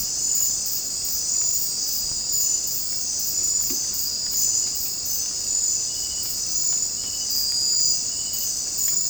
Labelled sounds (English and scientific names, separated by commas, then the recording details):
none
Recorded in secondary vegetation near Puerto Asís, Putumayo, Colombia, on 22 December 2024 at 21:00
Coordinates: 0.481, -76.318
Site G042